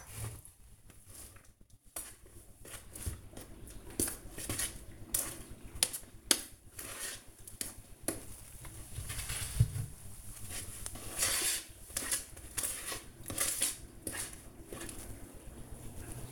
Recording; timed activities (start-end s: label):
household activities, microphone on the right wrist
0.00-16.32 s: baking